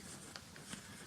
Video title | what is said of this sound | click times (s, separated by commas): Review of the SLEO Case for Xiaomi Redmi 6 | you can see it doesn't really click into place that well | 0.4 s